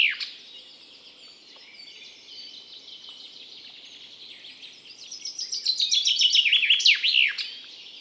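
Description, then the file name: Common chaffinch song: one accelerating, descending trill of sweet notes ending in a sharp flourish near the close, over a low hum. "Fringilla coelebs"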